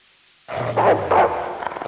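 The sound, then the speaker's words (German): Dogs bark in a hall, in a few loud, rough bursts that start abruptly, with a low steady rumble and growling underneath, no voices present. “Drunten in der Halle windet's von Hunden, die sich nicht bändigen und nicht vertreiben lassen.”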